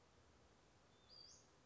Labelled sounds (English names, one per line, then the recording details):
Western Flycatcher
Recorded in Sonoma County, California